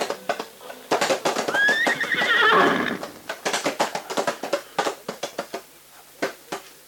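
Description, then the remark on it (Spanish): A horse lets out a loud, wavering, high-pitched whinny lasting about a second, surrounded by sharp clip-clopping hoofbeats that slow into scattered, uneven steps as Chiquito Martino halts his ride where Zurdo Aredes was stopped by the Indians. “Y en el mismo lugar donde fue detenido el zurdo Aredes por los indios, Chiquito Martino detuvo su carrera.”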